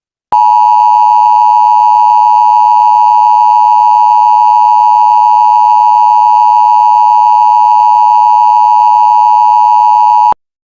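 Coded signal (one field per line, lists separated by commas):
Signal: Emergency Alert System (SAME) tones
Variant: 853 and 960 Hz attention tone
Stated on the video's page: Mock EAS scenario for a Cascadia hurricane.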